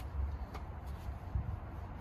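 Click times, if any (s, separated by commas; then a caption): none. Someone presses down again on the rear seat bottom cushion of a 10th-generation 2016–2022 Honda Civic (sedan, Si, hatchback) to push its latch into the floor retainer. Only a low, steady rumble with a couple of soft, muffled bumps is heard. The latch has not clicked or seated yet.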